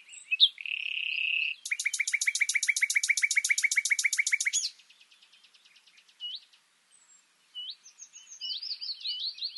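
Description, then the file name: Common nightingale song: a steady sustained note, then a long fast rattle of repeated notes, a soft buzzy trill and scattered rising whistles. "Luscinia megarhynchos"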